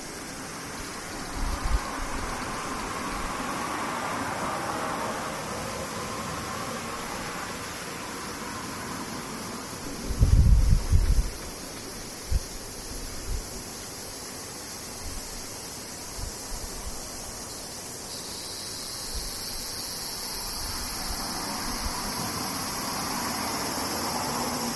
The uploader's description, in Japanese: セミ